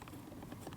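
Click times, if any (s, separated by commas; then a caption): none. A wiring harness electrical connector is handled as it is lined up to plug into the door lock switch on the front interior door handle of a 2013-2019 Ford Escape. Light rustling and a few small taps are heard at about 0.0, 0.1 and 0.7 seconds. The connector has not seated or clicked yet.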